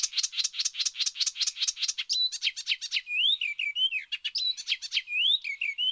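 Bird chirping: a fast run of high, evenly repeated notes for about two seconds, then varied whistled slurs and tweets.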